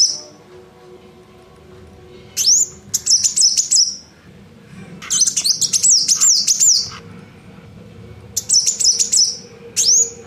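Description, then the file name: Van Hasselt's sunbird giving rapid high-pitched chittering phrases with sweeping notes, several bursts broken by pauses, a low background hum throughout. Female. "kolibri wulung betina omkicau"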